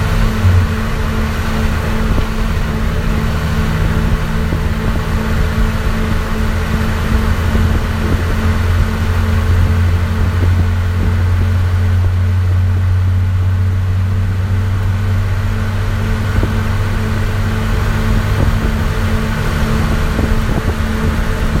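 Inside a loud bus, a steady low engine and heater drone hums throughout, with a strong low tone lasting most of the clip.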